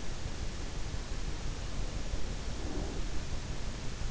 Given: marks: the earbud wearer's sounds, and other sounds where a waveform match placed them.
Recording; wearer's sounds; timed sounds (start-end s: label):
sounds in sleep by an in-ear microphone; breath
2.44-3.15 s: breath